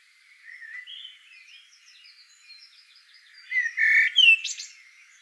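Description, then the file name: Eurasian blackbird singing: soft, quiet warbling, then a loud mellow fluted phrase ending in a high, squeaky twitter. "solsort volker arnold"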